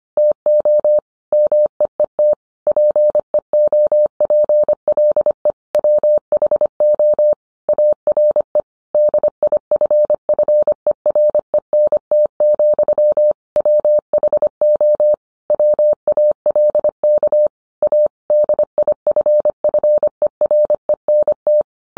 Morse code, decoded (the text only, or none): TO MEET PEOPLE WHO ARE DIFFERENT, WHO WALK A DIFFERENT